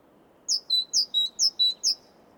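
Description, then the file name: Great tit singing a fast see-saw phrase, high slurred note alternating with a flat lower one, several pairs in steady rhythm against soft background hiss. "Parus major"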